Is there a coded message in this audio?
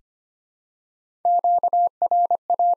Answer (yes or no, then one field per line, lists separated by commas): yes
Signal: Morse code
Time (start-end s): 1.3-2.7 s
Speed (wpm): 25 wpm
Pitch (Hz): 700 Hz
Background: none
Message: QRA